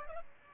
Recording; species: mosquito wingbeat signal from an infrared sensor; Aedes aegypti